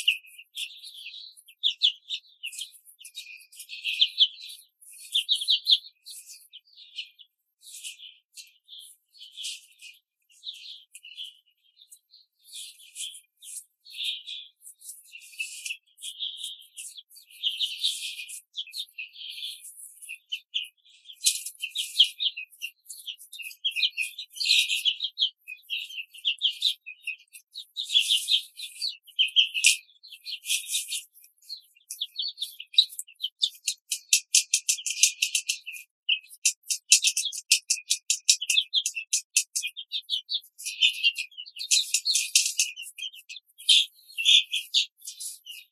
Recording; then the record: young laying hens in a cage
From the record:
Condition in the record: control cage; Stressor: none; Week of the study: 5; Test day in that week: 1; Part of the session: 4